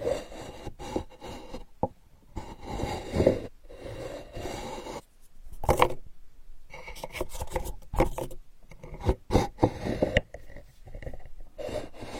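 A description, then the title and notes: Sandalwood tapped and rubbed in irregular bursts, dry woody scrapes and rasps with sharp knocks near two, six, eight and ten seconds. Healing sandalwood tapping experience SPA.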